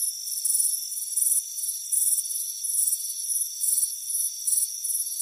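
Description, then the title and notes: High cricket chirping in buzzy bursts, some louder than others, against an unbroken thin insect whine. "Soothing Crickets Chirping Sound. It's a warm afternoon as you relax in a hammock on the front porch. Relax and fall asleep to the soothing sound of chirping crickets"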